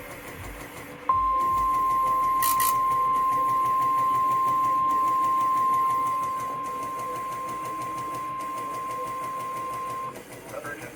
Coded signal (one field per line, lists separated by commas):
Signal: Emergency Alert System (SAME) tones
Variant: 1050 Hz attention tone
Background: speech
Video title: Southern Ohio takes ANOTHER hit.. 🌪 || EAS Alerts from May 7, 2024 (EAS #2,654-2,667)